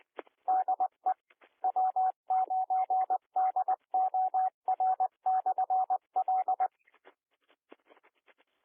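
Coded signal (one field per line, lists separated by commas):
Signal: Morse code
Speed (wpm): 20 wpm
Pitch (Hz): 750 Hz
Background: none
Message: DE W9DOR/L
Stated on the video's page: Morning net on a 147.210 repeater, PL 107.2, received almost 50 miles away with an RTL-SDR and 100 ft fan dipole; static from recording limitations.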